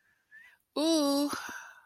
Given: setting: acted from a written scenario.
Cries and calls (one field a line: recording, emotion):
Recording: vocal sound without words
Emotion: desire